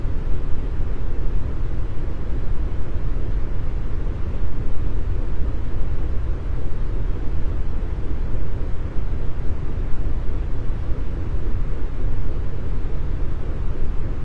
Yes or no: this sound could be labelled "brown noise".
yes